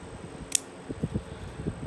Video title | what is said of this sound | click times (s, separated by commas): Curtiss Cruze and Some Spydies. | so snappy and it locks open with authority | 0.6 s